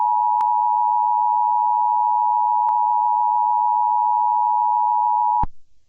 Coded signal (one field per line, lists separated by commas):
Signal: Emergency Alert System (SAME) tones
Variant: 853 and 960 Hz attention tone